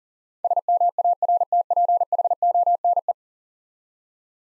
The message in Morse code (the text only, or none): SMARTPHONE